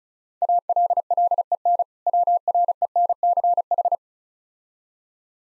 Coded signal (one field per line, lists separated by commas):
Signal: Morse code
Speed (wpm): 36 wpm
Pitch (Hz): 700 Hz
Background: none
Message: ALLEN WRENCH